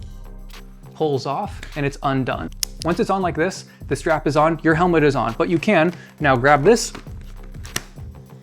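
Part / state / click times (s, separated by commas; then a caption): modular helmet chin bar/front latching onto helmet shell / seated / 7.8 s. The flip-up front of a modular motorcycle helmet is lowered and pressed shut. The chin bar latches onto the helmet shell with a loud, crunchy click at 7.8 seconds, leaving the face shield down and locked into place. Someone talks over most of the clip, and a few smaller clicks come just before the latch.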